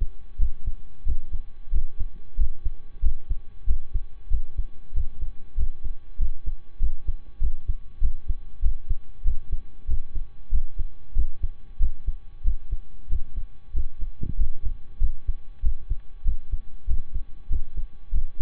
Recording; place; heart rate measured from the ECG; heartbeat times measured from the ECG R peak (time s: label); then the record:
heart sounds by stethoscope; between the tricuspid and mitral areas; 95 bpm
0.36 s: heartbeat
1.03 s: heartbeat
1.69 s: heartbeat
2.35 s: heartbeat
2.99 s: heartbeat
3.64 s: heartbeat
4.27 s: heartbeat
4.91 s: heartbeat
5.54 s: heartbeat
6.16 s: heartbeat
6.77 s: heartbeat
7.38 s: heartbeat
7.98 s: heartbeat
8.59 s: heartbeat
9.22 s: heartbeat
9.85 s: heartbeat
10.48 s: heartbeat
11.12 s: heartbeat
11.77 s: heartbeat
12.41 s: heartbeat
13.06 s: heartbeat
13.71 s: heartbeat
14.34 s: heartbeat
14.97 s: heartbeat
15.60 s: heartbeat
16.22 s: heartbeat
16.84 s: heartbeat
17.47 s: heartbeat
18.09 s: heartbeat
From the record:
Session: slow and fast walking with breaks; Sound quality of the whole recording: saturated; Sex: male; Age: 25 years